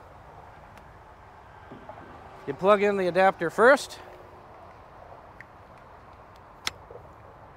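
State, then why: Seated. A NACS-to-CCS charging adapter is pushed into a car's charging inlet over a steady low background hum, with someone talking briefly. A faint tick comes at 5.4 s, then a sharp, solid click at 6.7 s as the adapter latches and is seated in the port.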